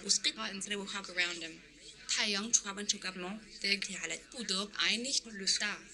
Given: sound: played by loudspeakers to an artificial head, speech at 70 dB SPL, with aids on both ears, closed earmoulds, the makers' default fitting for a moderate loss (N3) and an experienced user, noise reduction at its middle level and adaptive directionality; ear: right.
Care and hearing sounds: speech test signal (ISTS) in cocktail-party noise; +9 dB; on the right (90 degrees)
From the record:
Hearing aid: class 1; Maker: H

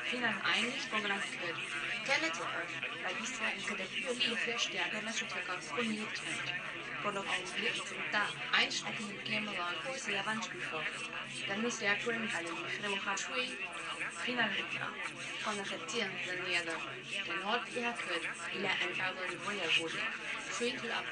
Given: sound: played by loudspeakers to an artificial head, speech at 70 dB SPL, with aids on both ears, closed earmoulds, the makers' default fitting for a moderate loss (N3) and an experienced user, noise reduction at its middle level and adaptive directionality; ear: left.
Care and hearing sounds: speech test signal (ISTS) in cocktail-party noise; +3 dB; on the right (90 degrees)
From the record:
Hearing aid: class 2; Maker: G

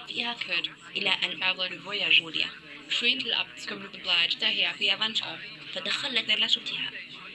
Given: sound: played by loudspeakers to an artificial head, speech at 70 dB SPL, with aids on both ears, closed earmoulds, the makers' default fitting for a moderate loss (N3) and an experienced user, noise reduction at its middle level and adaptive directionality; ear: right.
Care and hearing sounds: speech test signal (ISTS) in cocktail-party noise; +6 dB; on the right (90 degrees)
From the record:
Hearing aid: class 1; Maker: C

